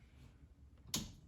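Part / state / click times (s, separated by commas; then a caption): fuel line into plastic retaining clip on pump cradle / seated / 0.9 s. A fuel line is pressed into its plastic retaining clip on the fuel pump cradle during a Walbro 450LPH fuel pump upgrade on a BMW F10 535i. A single sharp click at 0.9 s marks the line seating in the clip, confirming it is secured.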